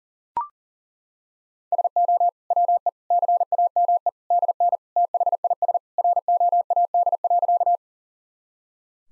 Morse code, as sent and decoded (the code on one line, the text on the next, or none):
... --- / .-- . / -.-. .- -- . / -.. -. / - .... .. ... / .-. --- .- -.. .-.-.-
SO WE CAME DN THIS ROAD.